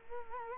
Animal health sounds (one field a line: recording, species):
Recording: mosquito wingbeat signal from an infrared sensor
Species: Culex quinquefasciatus